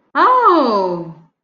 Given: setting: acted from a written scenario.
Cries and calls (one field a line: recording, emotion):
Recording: vocal sound without words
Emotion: desire